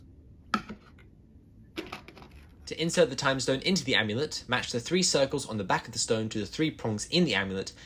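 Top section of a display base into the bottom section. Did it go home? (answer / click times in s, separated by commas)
yes / 0.5 s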